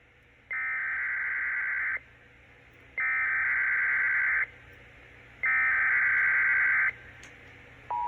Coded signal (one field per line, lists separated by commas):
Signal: Emergency Alert System (SAME) tones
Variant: header bursts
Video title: EAS 931-933 WFLS, WBQB, and WJON/IP relays the Fredericksburg Monthly Test